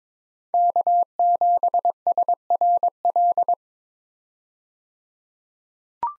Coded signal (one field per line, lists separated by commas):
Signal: Morse code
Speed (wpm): 22 wpm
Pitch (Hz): 700 Hz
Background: none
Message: K7SRL